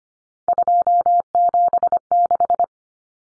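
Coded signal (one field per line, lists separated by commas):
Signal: Morse code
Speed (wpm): 25 wpm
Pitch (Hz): 700 Hz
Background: none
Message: 276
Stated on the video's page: Head-copy drill of common three-digit cut numbers at 25 wpm, with T, A, N standing for 0, 1, 9; each number sent twice.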